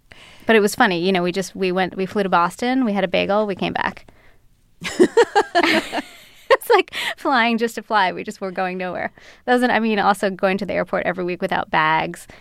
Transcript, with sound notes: But it was funny, you know, we just - we went - we flew to Boston. We had a bagel. We came back. (LAUGHTER) It's, like, flying just to fly. We just were going nowhere. That was - I mean, also going to the airport every week without bags.